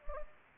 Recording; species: mosquito wingbeat signal from an infrared sensor; Anopheles gambiae